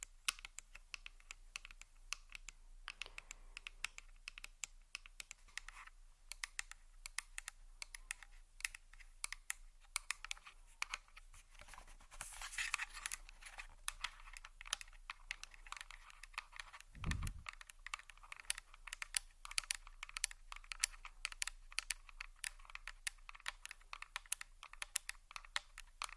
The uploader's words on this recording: ASMR Subtle Mouth Sounds + Tapping On Tascam.